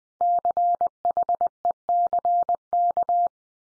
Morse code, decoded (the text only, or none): CHECK